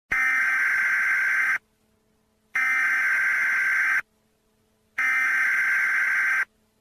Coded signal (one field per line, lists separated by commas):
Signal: Emergency Alert System (SAME) tones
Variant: header bursts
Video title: Where did earth go? #easscenario #scenario #eas #alert #emergancyalertsystem #emergency #foryou